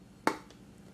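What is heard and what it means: On an Almaz KG 589 electric conical burr coffee grinder, the unlock button on the bean hopper is pressed, and the hopper lock gives one sharp, bright click at 0.3 s, followed by a much fainter tick at 0.5 s. The lock releases open, and the bean hopper is lifted off.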